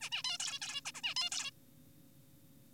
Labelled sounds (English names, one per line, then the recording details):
Zebra Finch
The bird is an adult
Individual g4p5U